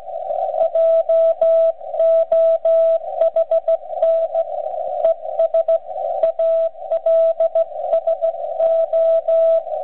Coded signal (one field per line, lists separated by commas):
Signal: Morse code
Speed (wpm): 15 wpm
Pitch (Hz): 660 Hz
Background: radio noise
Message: JOHN ES ALSO